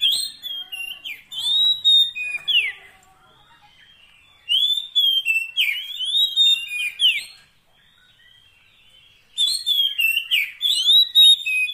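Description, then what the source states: Oriental magpie-robin song: three bursts of fluty, slurred whistles mixed with scratchy notes, separated by short quiet gaps. Long-duration fill-in (isian) song track meant to make the kacer sing energetically (gacor) day and night.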